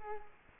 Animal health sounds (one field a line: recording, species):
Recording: mosquito wingbeat signal from an infrared sensor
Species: Culex quinquefasciatus